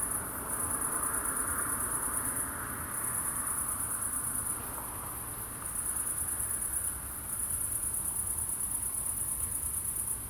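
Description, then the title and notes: Crickets trill high and steadily, pausing briefly several times, over a soft low rumble. Crickets at night in Aveize, France, with cars in the distance; recorded with a DPA-2006c AB pair into an SD MixPre-3. "69610 Aveize, France - Grillons - Crickets. Grillons la nuit, quelques voitures dans le lointain. Crickets at night, cars in the distance"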